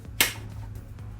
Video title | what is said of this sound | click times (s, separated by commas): EGO 56V Power + Multi Tool Trimmer Unboxing, Review, Edger (Rapid Reload) Line at Home Depot | gonna match that up with the arrows on the release button when I push it in I'll hear it click and then | 0.2 s